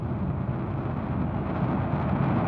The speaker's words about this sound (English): This is the sound of a rocket motor test.